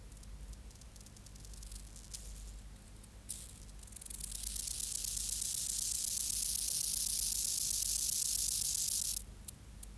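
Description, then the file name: Rufous grasshopper song: a steady high hissing buzz swelling in around four seconds and holding for about five seconds before stopping abruptly, preceded by scattered faint ticks. "Gomphocerippus rufus"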